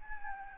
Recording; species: mosquito wingbeat signal from an infrared sensor; Aedes albopictus